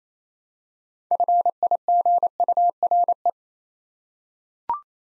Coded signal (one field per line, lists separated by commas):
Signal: Morse code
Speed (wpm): 29 wpm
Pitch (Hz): 700 Hz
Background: none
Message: FIGURE